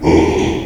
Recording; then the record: squeal of a Yucatan mini pig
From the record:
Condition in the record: after surgery on the right vocal fold (resection and tissue-engineered implant); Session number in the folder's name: 2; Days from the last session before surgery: 13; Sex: male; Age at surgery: 12 weeks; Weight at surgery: 13 kg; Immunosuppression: cyclosporine, prednisolone